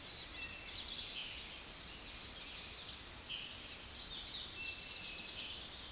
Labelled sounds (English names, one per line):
Common Yellowthroat song